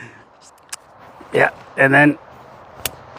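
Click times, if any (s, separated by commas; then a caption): 2.9 s. The leg support of a folding camping chair is extended into its frame lock while someone talks, and a sharp click at 2.9 s marks it locking into place. A smaller click sounds earlier at 0.7 s. The leg support is confirmed seated.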